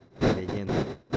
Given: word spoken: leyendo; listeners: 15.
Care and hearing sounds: one Spanish word in noise, from a listening test; noise modulated by one talker; -9.5 dB; 3 of 15; 10 of 15; 0.77 s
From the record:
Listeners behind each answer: 10, 3, 1, 1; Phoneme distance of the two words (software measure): 10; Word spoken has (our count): 3 syllables, 7 phonemes, stress on syllable 2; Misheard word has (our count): 3 syllables, 7 phonemes, stress on syllable 2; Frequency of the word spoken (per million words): 16.73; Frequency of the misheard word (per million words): 21.73

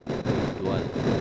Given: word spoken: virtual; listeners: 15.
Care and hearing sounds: one Spanish word in noise, from a listening test; noise modulated by three-talker babble; -6.0 dB; 2 of 15; 8 of 15; 0.81 s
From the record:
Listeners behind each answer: 8, 2, 1, 1, 1, 1, 1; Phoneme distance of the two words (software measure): 30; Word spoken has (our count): 2 syllables, 7 phonemes, stress on syllable 2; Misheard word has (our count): 2 syllables, 7 phonemes, stress on syllable 2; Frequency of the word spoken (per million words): 12.78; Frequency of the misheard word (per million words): 7.59

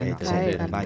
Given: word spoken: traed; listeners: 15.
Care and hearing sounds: one Spanish word in noise, from a listening test; four-talker babble; -0.3 dB; 0 of 15; 6 of 15; 0.46 s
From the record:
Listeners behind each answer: 6, 6, 1, 1, 1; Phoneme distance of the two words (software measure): 10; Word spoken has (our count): 2 syllables, 5 phonemes, stress on syllable 2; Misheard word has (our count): 2 syllables, 5 phonemes, stress on syllable 2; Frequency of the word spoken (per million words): 0.12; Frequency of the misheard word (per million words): 17.90

